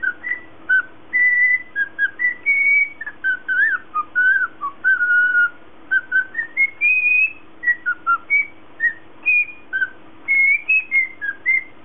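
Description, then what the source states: Cockatiel whistling steadily, a continuous melody of clear notes that step up and down in quick succession, almost without pause. Lutino colour variety.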